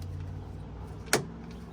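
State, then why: Seated. A small plastic retaining clip is pushed onto the door handle rod of a 1996–2002 Toyota 4Runner rear door, after the rod end has been put through its hole. Over a low steady hum, a single sharp snap at 1.1 s marks the clip seating in place on the rod.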